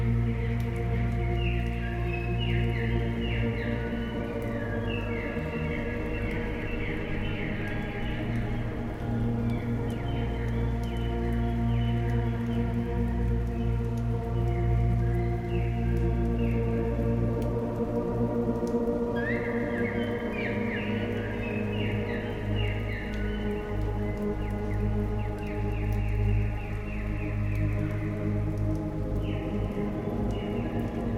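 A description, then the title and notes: Birds sing in Japan over a steady, humming drone of binaural beats that holds low, even tones throughout. Bright chirping trills come in repeated bursts, near the start, around the middle, and again toward the end, above the unchanging hum. Birds in Japan with Binaural Beats.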